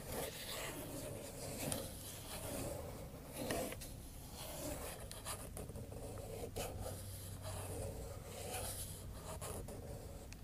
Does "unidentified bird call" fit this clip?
no